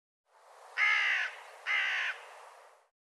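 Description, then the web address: Bird delivering a pair of coarse, nasal caws, nearly a second apart, with nothing else audible. "cianscape birddata"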